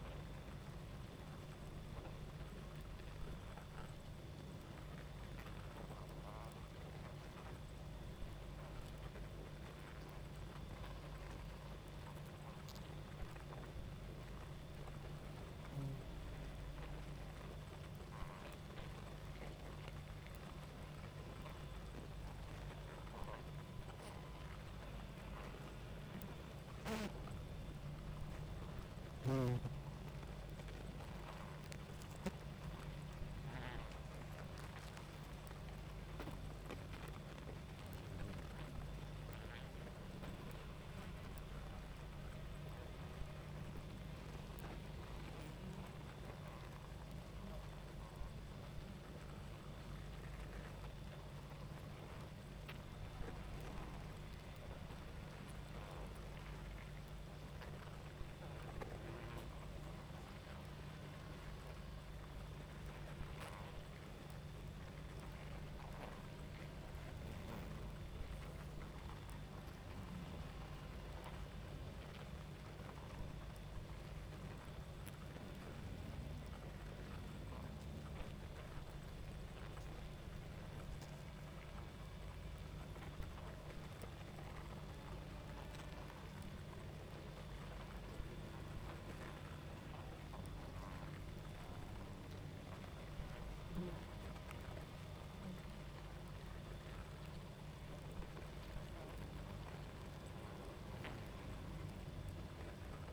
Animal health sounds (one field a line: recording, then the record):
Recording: honeybee colony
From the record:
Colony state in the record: active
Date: 28 July 2017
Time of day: 23:26